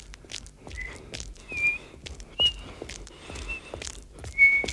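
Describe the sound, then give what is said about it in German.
Someone whistles a few short, high, steady notes, spaced out over several seconds, amid sharp clacks and shuffling noises like footsteps. No one speaks. “Aus Angst auch das Pfeifen abzulegen.”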